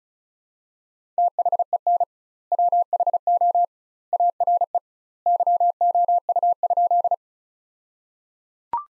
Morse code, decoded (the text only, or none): THEN WHO ARE YOU?